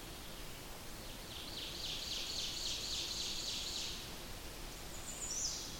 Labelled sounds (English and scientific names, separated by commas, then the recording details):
Ovenbird (Seiurus aurocapilla) song
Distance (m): 50 m
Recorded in boreal forest in Alberta, Canada, on 20 June 2016 at 05:46
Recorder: SongMeter 3, array SBT-6-81
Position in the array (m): 121 m, 120 m
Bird 23